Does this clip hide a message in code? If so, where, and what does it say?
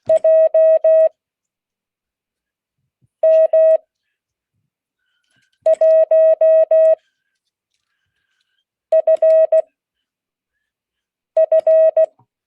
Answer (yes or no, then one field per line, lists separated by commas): yes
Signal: Morse code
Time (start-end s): 0.1-12.0 s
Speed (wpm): 16 wpm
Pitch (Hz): 640 Hz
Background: none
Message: JM1FF